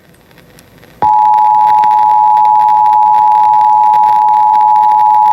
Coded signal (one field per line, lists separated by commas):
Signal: Emergency Alert System (SAME) tones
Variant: 853 and 960 Hz attention tone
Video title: EAS #4 and #5: Severe Thunderstorm Warnings for Clay, Wichita and Tarrant Counties